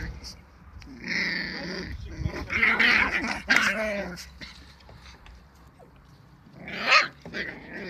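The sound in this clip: Dog growling and giving a few barks and whines, with a loud, sharp call near the end.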